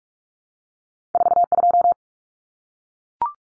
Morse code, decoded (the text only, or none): 42